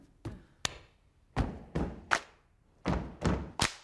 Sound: soundbite of stomping, clapping

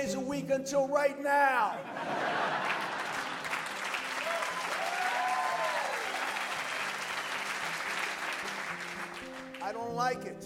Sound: applause

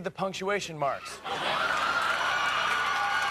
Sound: soundbite of laughter

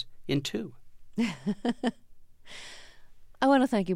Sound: laughter

